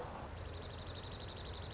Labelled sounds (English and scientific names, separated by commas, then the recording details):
Dark-eyed Junco (Junco hyemalis)
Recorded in Sonoma County, California